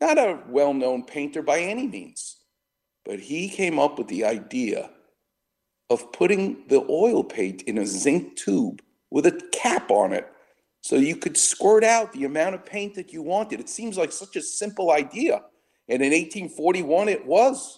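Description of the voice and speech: A man speaks in clear, fluent phrases with natural pitch movement and ordinary pauses between sentences, telling how oil paint came to be sold in zinc tubes. Voice quality is clean and articulation is crisp: normal adult speech from a radio host.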